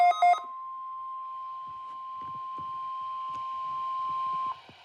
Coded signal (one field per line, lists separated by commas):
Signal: Emergency Alert System (SAME) tones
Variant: 1050 Hz attention tone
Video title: Required Weekly Test (Nov 25 2020) EAS#18